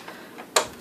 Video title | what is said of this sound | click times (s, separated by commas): How to take apart a xbox360 arcade | so you want to do this first one push out you'll hear a loud snap it's all right you won't break it | 0.6 s